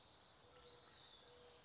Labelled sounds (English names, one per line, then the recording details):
California Towhee
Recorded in Sonoma County, California